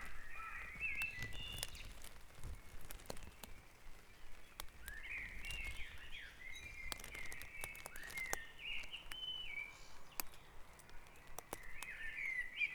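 A dawn chorus on Back Dragon Avenue, Harrogate: overlapping birdsong trills and whistles run almost without pause across the thirteen seconds, with sharp clicks and ticks scattered throughout. A low rumble underneath swells briefly around two and six seconds.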